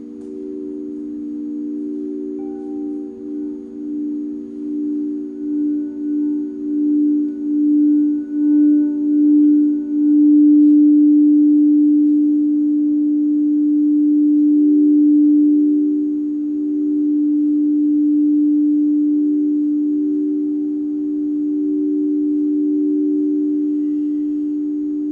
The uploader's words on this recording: This is a LIVE 60 minute Sound Bath recorded at Common Bond Yoga in Springfield, OR.